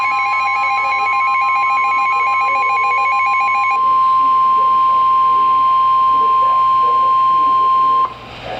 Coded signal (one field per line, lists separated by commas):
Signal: Emergency Alert System (SAME) tones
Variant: 1050 Hz attention tone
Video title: Severe Thunderstorm Warning (EAS #728)